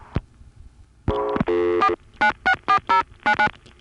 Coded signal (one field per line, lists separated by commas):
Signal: DTMF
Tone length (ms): 80 ms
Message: 4964099